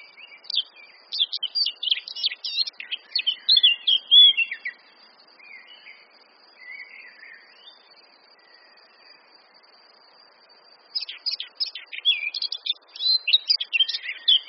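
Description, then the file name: Eurasian blackcap song: a dense warbling burst lasting about four seconds, a long lull with faint notes, then a second loud scratchy, fluty outburst. "Sylvia atricapilla"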